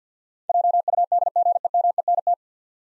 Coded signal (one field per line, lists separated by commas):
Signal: Morse code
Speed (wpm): 52 wpm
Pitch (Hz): 700 Hz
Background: none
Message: JUDGEMENT